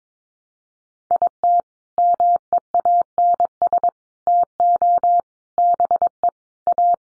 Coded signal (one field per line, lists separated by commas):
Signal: Morse code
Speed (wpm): 22 wpm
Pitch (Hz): 700 Hz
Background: none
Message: IT MEANS TO BE A